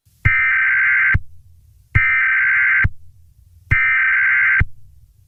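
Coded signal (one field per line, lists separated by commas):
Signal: Emergency Alert System (SAME) tones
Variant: header bursts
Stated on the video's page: Fictional Emergency Alert System scenario, the second and final part of a created attack story.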